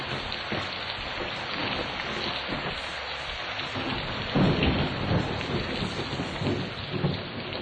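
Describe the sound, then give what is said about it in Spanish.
Steady, dense rain that has just begun to fall hisses across the whole stretch, broad and constant, while a low rumble of thunder swells midway and rolls on underneath. No one speaks. “No manches, ya empezó a llover, güey.”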